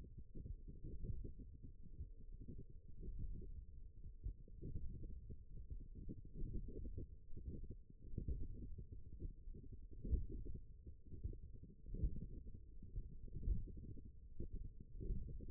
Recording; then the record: forearm muscle sounds (acoustic myography)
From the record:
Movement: hook grip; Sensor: system 1, eight BSWA MPA416 microphones around the upper forearm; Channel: 7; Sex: female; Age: 20 years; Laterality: right